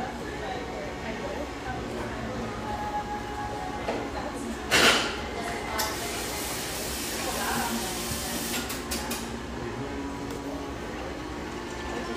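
Lively coffeeshop ambience with a steady bed of overlapping chatter and a low rumbling hum throughout. Just before the five-second mark a sharp clatter cuts through, likely dishes or cups, and a few lighter clinks and knocks follow around eight to nine seconds.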